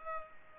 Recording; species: mosquito wingbeat signal from an infrared sensor; Culex pipiens